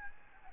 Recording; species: mosquito wingbeat signal from an infrared sensor; Aedes albopictus